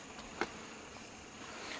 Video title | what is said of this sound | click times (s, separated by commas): 1997 Hyundai Accent Turn Signal Switch Stuck And Making Noise | we push it in make sure you hear the click make | 0.4 s